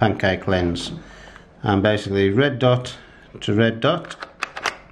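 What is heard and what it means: A 40 mm pancake lens is lined up red dot to red dot on the metal EF lens mount of a Canon RT 35 mm film camera while someone talks. Faint handling clicks and taps follow near the end, but nothing has seated or clicked home yet.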